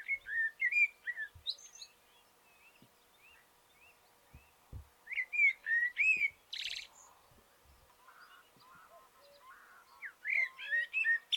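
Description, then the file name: Common blackbird song: repeated fluty warbling phrases with scratchy high twitters and brief pauses, plus a short noisy burst midway. "Turdus merula"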